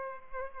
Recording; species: mosquito wingbeat signal from an infrared sensor; Culex pipiens